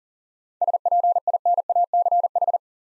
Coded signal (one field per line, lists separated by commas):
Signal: Morse code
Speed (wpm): 42 wpm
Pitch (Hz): 700 Hz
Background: none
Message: SPINACH